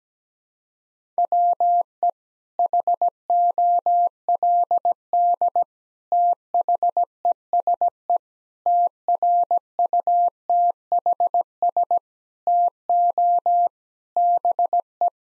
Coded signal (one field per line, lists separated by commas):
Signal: Morse code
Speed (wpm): 17 wpm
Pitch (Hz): 700 Hz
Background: none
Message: WE HOLD THESE TRUTHS TO BE